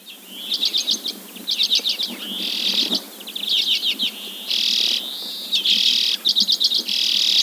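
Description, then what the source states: Arctic redpoll calling, short stuttering chit trills mixed with buzzy, drawn-out notes. Greenland.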